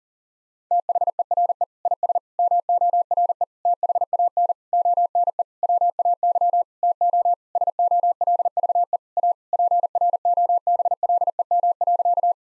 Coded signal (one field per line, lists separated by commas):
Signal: Morse code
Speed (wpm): 40 wpm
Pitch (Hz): 700 Hz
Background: none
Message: THERE IS MORE THAN ONE WAY TO SOLVE A PROBLEM.